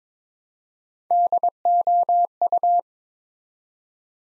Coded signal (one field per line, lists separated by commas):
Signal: Morse code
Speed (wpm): 22 wpm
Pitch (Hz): 700 Hz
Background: none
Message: DOU